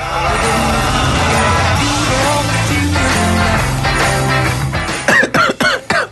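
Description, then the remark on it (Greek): A loud, dense wash of noisy sound gives way to a rapid run of about five sharp, harsh coughs in quick succession at the very end. “Θα μιλήσεις ρε, βήχο.”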